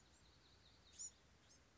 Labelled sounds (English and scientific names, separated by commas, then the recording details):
Bewick's Wren (Thryomanes bewickii)
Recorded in Sonoma County, California